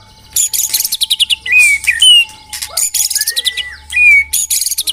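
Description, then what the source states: White-rumped shama singing rich rising whistles between dense scratchy, buzzy bursts, with a faint steady hum underneath. White-rumped shama song used as a lure (pikat).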